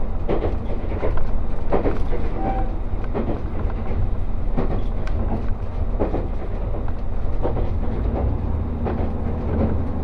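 Onboard the Resort Shirakami No. 4 on the Gonō Line, running from Fukaura toward Iwadate, a steady low rumble fills the whole ten seconds. Frequent clacks and knocks from the wheels punctuate it irregularly, with faint voices and a brief whine mixed in.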